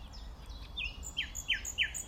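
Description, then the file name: Common nightingale song: four loud, down-slurred notes repeated in quick succession, with thin high whistles behind them. "Luscinia megarhynchos"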